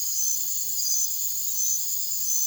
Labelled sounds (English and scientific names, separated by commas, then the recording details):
none
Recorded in secondary vegetation near Puerto Asís, Putumayo, Colombia, on 9 March 2025 at 04:00
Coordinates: 0.489, -76.322
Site G042